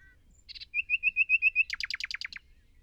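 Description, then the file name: Common nightingale song: a brief phrase opening with a few short clicky notes, then a steady run of about eight pure whistled notes, ending in a fast burst of rattling, down-slurred notes. "Luscinia megarhynchos"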